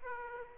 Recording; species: mosquito wingbeat signal from an infrared sensor; Aedes aegypti